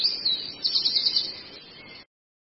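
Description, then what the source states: Long-tailed shrike singing a short burst of high, rapid chattering notes that fade into hiss before stopping abruptly. Used for training cage birds (masteran).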